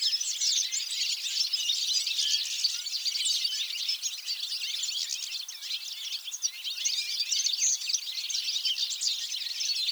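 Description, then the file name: European goldfinch song heard as a constant bright chatter of fast, high, overlapping twitters throughout. "Carduelis carduelis"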